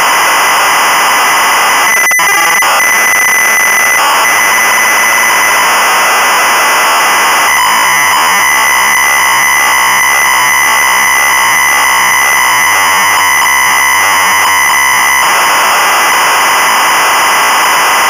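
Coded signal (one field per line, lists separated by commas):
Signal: ZX Spectrum tape loading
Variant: Sinclair ZX Spectrum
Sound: continuous harsh, buzzing screech of rapidly alternating tones, loud and unbroken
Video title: Frankie Goes to Hollywood (1985) - Sinclair ZX Spectrum (Full Tape Rip / Cassette Load)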